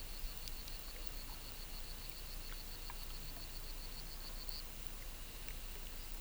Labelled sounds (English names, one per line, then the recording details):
none
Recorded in pastures near Puerto Asís, Putumayo, Colombia, on 21 December 2024 at 13:00
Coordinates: 0.486, -76.323
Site GP01